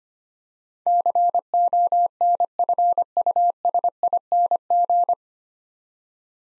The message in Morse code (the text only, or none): CONFUSING